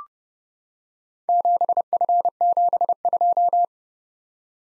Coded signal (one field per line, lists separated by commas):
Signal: Morse code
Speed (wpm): 30 wpm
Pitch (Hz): 700 Hz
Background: none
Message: 7F72